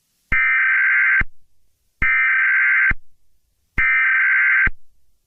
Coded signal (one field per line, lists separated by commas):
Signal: Emergency Alert System (SAME) tones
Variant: header bursts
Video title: The Forgotten Tree - Emergency Alert System (Analog Horror) (read comments)